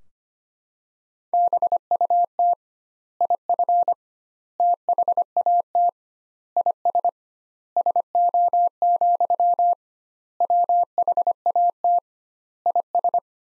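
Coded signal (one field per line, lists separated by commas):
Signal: Morse code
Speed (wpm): 25 wpm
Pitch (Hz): 700 Hz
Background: none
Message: BUT IF THAT IS SO, WHAT IS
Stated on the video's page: Morse practice sentences from the top 200 words at 25 wpm with 2x standard word spacing, a Farnsworth-like method for words.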